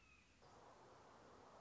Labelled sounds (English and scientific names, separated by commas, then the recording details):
Red-shouldered Hawk (Buteo lineatus)
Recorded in Sonoma County, California